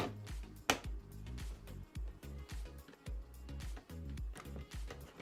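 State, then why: Seated. A plastic brick-built lid or hood on a LEGO Creator Expert Porsche 911 (set 10295) model car is closed, and its latch catches on a stud and locks in place with one sharp plastic click at 0.7 s. Music plays throughout, with a few softer clicks and taps afterward. The lid is seated and locked shut.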